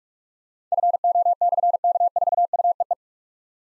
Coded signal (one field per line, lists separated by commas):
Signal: Morse code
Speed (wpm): 44 wpm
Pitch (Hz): 700 Hz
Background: none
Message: FO/K4UEE